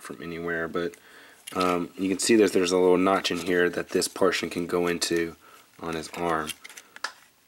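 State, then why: Seated. A plastic tab on the arm of a Transformers Combiner Wars Voyager Optimus Prime figure is pushed into a notch in its shoulder. Someone talks, then faint plastic ticks follow and a sharp click sounds at 7.1 s as the tab seats.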